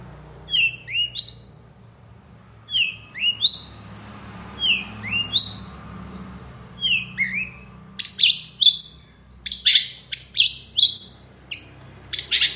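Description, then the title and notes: Long-tailed shrike song with a repeated pair of whistled notes about every two seconds, four times, followed by a burst of harsh clicking chatter and sharp chirps. Long-tailed shrike singing actively in the morning with a varied, full song; recording meant as a lure and tutor for other long-tailed shrikes. "Cendet Gacor Dor Di Kala Pagi Toet Toet Variasi Suara. CENDET GACOR DOR FULL ISIAN COCOK UNTUK PANCINGAN & MASTERAN CENDET APAPUN - PENTET GACOR DOR. Burung cendet"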